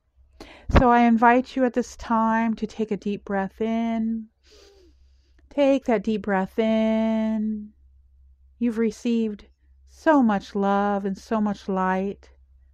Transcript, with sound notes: So I invite you at this time to take a deep breath in. (inhales deeply) Take that deep breath in. You've received so much love and so much light.